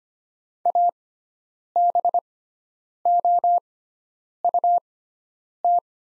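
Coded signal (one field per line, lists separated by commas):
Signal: Morse code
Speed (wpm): 25 wpm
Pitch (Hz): 700 Hz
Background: none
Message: ABOUT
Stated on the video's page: Morse practice of the top 100 words at 25 wpm with sixfold character spacing, Farnsworth-style timing.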